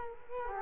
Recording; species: mosquito wingbeat signal from an infrared sensor; Culex quinquefasciatus